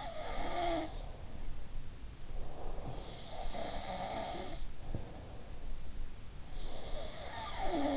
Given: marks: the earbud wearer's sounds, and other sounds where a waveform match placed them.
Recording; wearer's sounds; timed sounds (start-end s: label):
sounds in sleep by an in-ear microphone; breath
0.00-1.83 s: sound from someone else or the room
2.27-3.00 s: breath
3.01-5.77 s: sound from someone else or the room
6.48-7.97 s: sound from someone else or the room